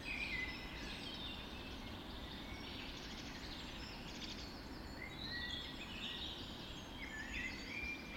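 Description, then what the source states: Dawn chorus of birds with mixed chirps, trills and short whistled notes from more than one singer, set against a broad hissing background. Dawn chorus recorded just after dawn in the Forest of Dean.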